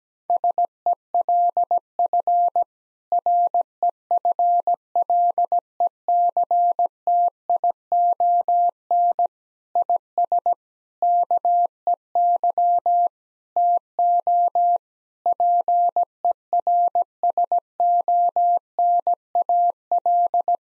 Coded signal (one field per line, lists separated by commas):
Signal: Morse code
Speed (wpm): 17 wpm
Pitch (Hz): 700 Hz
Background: none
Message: SELF REFLECTION IS KEY TO PERSONAL